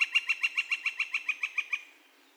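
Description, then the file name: Northern flicker call: a rapid string of about thirteen sharp, even notes that ends abruptly, followed by quiet. Calls; recorded 2 May 2020. "2020-05-02 Northern Flicker- Calls"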